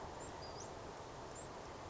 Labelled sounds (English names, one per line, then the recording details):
Western Flycatcher
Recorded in Sonoma County, California